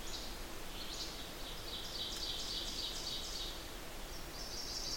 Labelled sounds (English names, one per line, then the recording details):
Ovenbird song
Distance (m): 60 m
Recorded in boreal forest in Alberta, Canada, on 8 June 2016 at 05:39
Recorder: SongMeter 3, array SBT-3-9
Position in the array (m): 51 m, 108 m
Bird 33